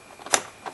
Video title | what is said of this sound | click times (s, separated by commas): No start 2004 Toyota Avalon | push it in the snaps you | 0.3 s